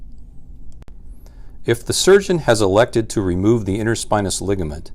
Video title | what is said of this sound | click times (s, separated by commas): Stabilink- Instructional Video 2020 | until it engages securely and locks into position you will hear a click when fully seated | 0.9 s